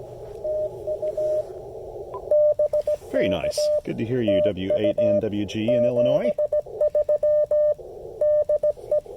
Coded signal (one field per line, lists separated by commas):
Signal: Morse code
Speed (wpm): 17 wpm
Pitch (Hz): 590 Hz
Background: speech, radio noise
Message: TU BK TU 73 DE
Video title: Reviewing the MFJ-1984LP EFHF with the Icom IC-705 during a Parks On The Air (POTA) activation